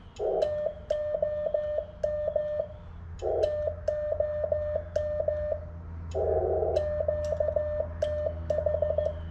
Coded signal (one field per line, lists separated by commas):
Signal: Morse code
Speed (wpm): 15 wpm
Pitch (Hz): 1800 Hz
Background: none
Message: TOM TOM QTH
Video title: Hustler Antenna RM-20 ~ Tram 5" Magnet Mag Mount Mobile Ham Radio